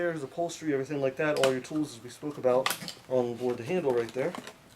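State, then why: Not seated. An upholstery attachment tool for a Sebo Felix vacuum cleaner is handled near the hose or wand end, with the tools stored on board by the handle. Someone talks throughout, and faint tapping and shuffling sounds come through. Nothing has seated or clicked yet.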